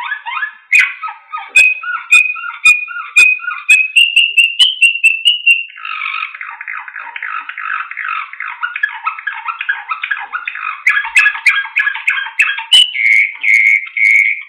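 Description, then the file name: Canary song mixing clear whistles and short repeated phrases, a long rattling trill in the middle, then more phrases and a sustained whistled note at the end. Canary singing in the slavujar style. "suara kenari slavujar omkicau"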